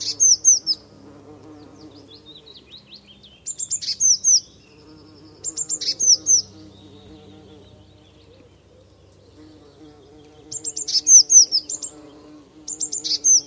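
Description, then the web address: Eurasian blue tit giving several groups of high, falling notes separated by pauses, over a low wavering drone. "Deverinetal 2025 File origin Bird Only Cy Ca"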